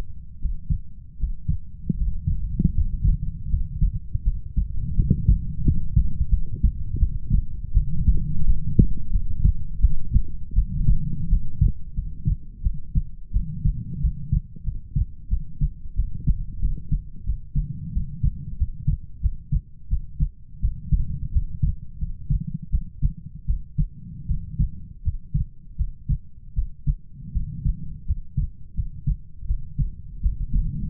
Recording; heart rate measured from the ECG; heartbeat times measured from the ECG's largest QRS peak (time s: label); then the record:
heart sounds by stethoscope; 85 bpm
0.39 s: heartbeat
1.17 s: heartbeat
1.95 s: heartbeat
2.72 s: heartbeat
3.48 s: heartbeat
4.22 s: heartbeat
4.94 s: heartbeat
5.63 s: heartbeat
6.29 s: heartbeat
6.98 s: heartbeat
7.72 s: heartbeat
8.45 s: heartbeat
9.11 s: heartbeat
9.80 s: heartbeat
10.54 s: heartbeat
11.28 s: heartbeat
11.94 s: heartbeat
12.62 s: heartbeat
13.32 s: heartbeat
14.00 s: heartbeat
14.63 s: heartbeat
15.28 s: heartbeat
15.95 s: heartbeat
16.60 s: heartbeat
17.24 s: heartbeat
17.92 s: heartbeat
18.57 s: heartbeat
19.21 s: heartbeat
19.88 s: heartbeat
20.60 s: heartbeat
21.31 s: heartbeat
21.98 s: heartbeat
22.70 s: heartbeat
23.45 s: heartbeat
24.26 s: heartbeat
25.02 s: heartbeat
25.76 s: heartbeat
26.54 s: heartbeat
27.32 s: heartbeat
28.05 s: heartbeat
28.74 s: heartbeat
29.46 s: heartbeat
30.21 s: heartbeat
From the record:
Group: healthy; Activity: Valsalva maneuver 0-5 s, rest 5-31 s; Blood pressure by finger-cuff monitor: 98/58 mmHg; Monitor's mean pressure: 72 mmHg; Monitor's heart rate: 84 bpm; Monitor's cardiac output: 7.5 L/min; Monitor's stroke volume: 89 mL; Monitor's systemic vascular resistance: 690 dyn s/cm5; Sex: female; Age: 19 years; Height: 163 cm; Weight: 48.9 kg